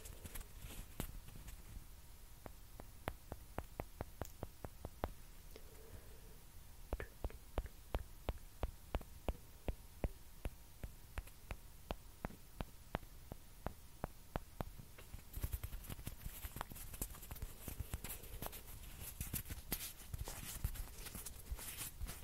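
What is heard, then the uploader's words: A ping pong ball taps and scratches against a surface in a steady run of sharp, bright clicks, roughly a few per second throughout. Around fifteen seconds the taps grow denser and rougher, mixed with more scraping, over a faint low hum. ASMR TAPPING AND SCRATCHING WITH PING PONG BALL.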